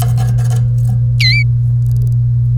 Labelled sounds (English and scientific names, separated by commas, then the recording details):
Domestic Canary (Serinus canaria) song
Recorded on 30 April 2018 at 14:43
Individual llb3